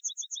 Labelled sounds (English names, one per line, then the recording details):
Yellowhammer song
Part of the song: start
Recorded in the Czech Republic on 30 June 2013
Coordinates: 49.226, 17.938
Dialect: BlBh
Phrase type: E20
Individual 313234